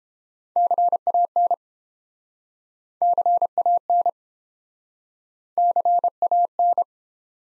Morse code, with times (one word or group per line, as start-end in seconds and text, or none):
0.6-1.5 CAN
3.0-4.1 CAN
5.6-6.8 CAN